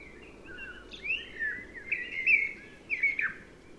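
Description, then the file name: Common blackbird song: a high squeaky note followed by relaxed fluted warbling phrases and a final twittering flourish. "Turdus merula"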